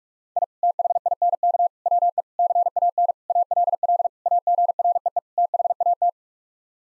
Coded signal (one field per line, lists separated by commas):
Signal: Morse code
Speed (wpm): 41 wpm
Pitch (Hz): 700 Hz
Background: none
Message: I THINK WE CAN ALL AGREE THAT